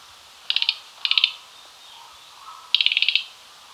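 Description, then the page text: Mugimaki flycatcher calls: three short, dry, high rattling trills of about five to eight rapid notes each, separated by brief pauses. "Mugimaki Flycatcher Call - Quick Sounds"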